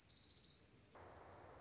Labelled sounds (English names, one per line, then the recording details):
Orange-crowned Warbler
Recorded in Sonoma County, California